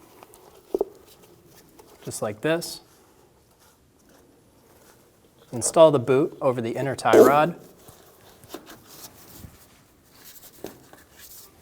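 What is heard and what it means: A rubber bellows boot on a 2005-2015 Toyota Tacoma is worked over the inner tie rod and lined up, with its front end still to be pushed home into the rack groove. Someone talks between short handling taps and rubbing noises, the sharpest near 0.8 s. Nothing has seated or clicked yet.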